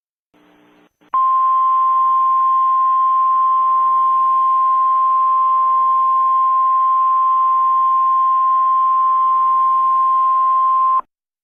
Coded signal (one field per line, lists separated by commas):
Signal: Emergency Alert System (SAME) tones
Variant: 1050 Hz attention tone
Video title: EAS Scenario - Double Trouble